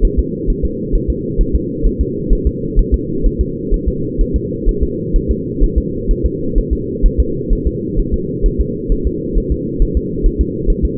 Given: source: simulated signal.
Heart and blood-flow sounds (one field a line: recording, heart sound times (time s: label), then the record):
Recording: fetal heart sounds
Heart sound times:
0.05 s: S1
0.19 s: S2
0.50 s: S1
0.65 s: S2
0.95 s: S1
1.10 s: S2
1.41 s: S1
1.55 s: S2
1.86 s: S1
2.01 s: S2
2.33 s: S1
2.47 s: S2
2.79 s: S1
2.94 s: S2
3.26 s: S1
3.41 s: S2
3.74 s: S1
3.88 s: S2
4.21 s: S1
4.36 s: S2
4.69 s: S1
4.83 s: S2
5.16 s: S1
5.31 s: S2
5.63 s: S1
5.78 s: S2
6.11 s: S1
6.26 s: S2
6.58 s: S1
6.73 s: S2
7.06 s: S1
7.20 s: S2
7.53 s: S1
7.67 s: S2
7.99 s: S1
8.14 s: S2
8.46 s: S1
8.61 s: S2
8.92 s: S1
9.07 s: S2
9.38 s: S1
9.52 s: S2
9.82 s: S1
9.97 s: S2
10.26 s: S1
10.41 s: S2
10.70 s: S1
10.85 s: S2
From the record:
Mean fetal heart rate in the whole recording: 130 bpm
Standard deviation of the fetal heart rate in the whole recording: 4 bpm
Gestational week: 38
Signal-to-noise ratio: -6.6 dB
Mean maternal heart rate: 72 bpm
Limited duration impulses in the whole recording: present